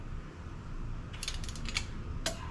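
A click-type torque wrench set to about 10-12 ft-lb tightens cylinder head bolt number 1 on a Yamaha outboard engine during the first pass. A quick run of light ratcheting ticks from about 1.2 to 1.8 s is followed by a sharper, louder click at 2.3 s. The wrench reaches its set torque and clicks at 2.3 s.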